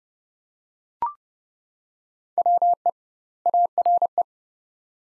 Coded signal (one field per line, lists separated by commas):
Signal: Morse code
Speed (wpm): 32 wpm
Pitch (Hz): 700 Hz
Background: none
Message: WE ARE